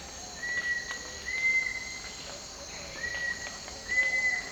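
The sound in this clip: Cinnamon attila calling with four level whistled notes, each about half a second long and spaced out, set against constant insect drone.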